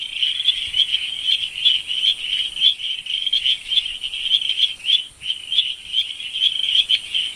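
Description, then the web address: Frog chorus of rapid, high chirping notes pulsing almost continuously, over a steady faint high hiss. "Frogs World"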